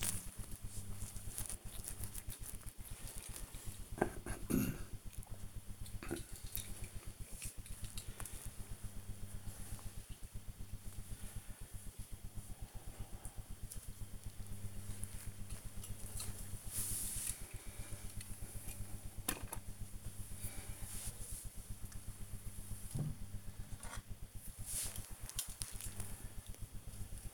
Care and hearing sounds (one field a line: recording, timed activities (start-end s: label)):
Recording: household activities, microphone on the right wrist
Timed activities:
0.00-27.34 s: dusting model cars